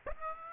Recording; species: mosquito wingbeat signal from an infrared sensor; Aedes aegypti